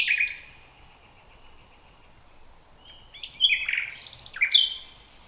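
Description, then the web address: Common nightingale with a brief phrase, a quiet gap, then varied bright phrases jumping between pitches. "nachtegaal luscinia megarhynchos"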